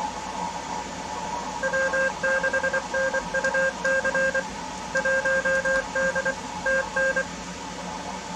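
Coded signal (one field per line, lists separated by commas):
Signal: Morse code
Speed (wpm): 25 wpm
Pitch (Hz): 1600 Hz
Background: none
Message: W6NUC 1D TN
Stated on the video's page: CW from a flea field day and on 20 meters at night.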